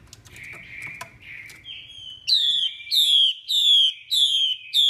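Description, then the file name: Chinese hwamei: soft warbling and a thin whistle, then a series of five strong, ringing, falling whistles repeated at a steady pace. Female hwamei voice used to stimulate male birds. "Tieng chim hoa mi mai kich trong"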